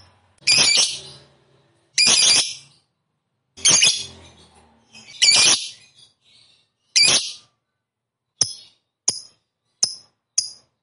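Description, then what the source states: Lovebird giving a series of harsh, screechy squawks every second or two, then several brief, thin high chirps in quick succession. A 'fighter' lovebird singing vigorously and persistently ('gacor').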